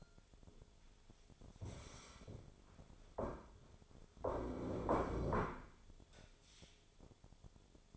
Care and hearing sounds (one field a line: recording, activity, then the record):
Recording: daily activity, microphone in the room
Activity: stand up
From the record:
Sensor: 5